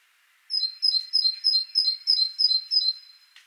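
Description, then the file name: Great tit calling, a rapid run of about eight bright two-note chirps, a high note dropping to a lower one, repeated roughly three times per second. "Parus major"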